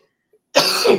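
After near silence, one abrupt, harsh adult cough bursts out and is cut off at the end, from someone getting over an illness.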